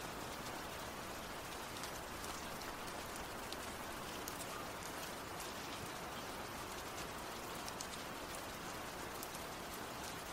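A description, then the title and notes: Steady rain falls throughout, a dense, even hiss that stays constant from start to finish. Countless drops patter on a surface, with brief brighter ticks scattered irregularly across the clip. Nothing else stands out above the rainfall. The last half of this video is just rain sounds.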